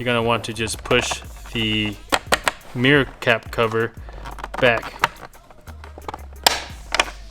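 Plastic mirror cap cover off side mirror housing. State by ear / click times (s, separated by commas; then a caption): released / 6.5 s. Someone talks while pushing a tab outward and pushing the plastic mirror cap cover back off the side mirror housing of a 4Runner. A sharp pop at 6.5 s marks the cover popping out of place, releasing it.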